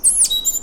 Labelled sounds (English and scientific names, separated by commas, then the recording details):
Stitchbird (Notiomystis cincta) song
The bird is a male
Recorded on Tiritiri Matangi Island, New Zealand, in 2005
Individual 1, of nest box 1